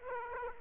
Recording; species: mosquito wingbeat signal from an infrared sensor; Aedes aegypti